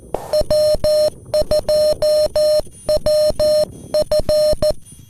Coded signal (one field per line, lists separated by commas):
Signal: Morse code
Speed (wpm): 14 wpm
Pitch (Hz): 610 Hz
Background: music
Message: W2WF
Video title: (tr)uSDX CW POTA in San Angelo State Park - K-3053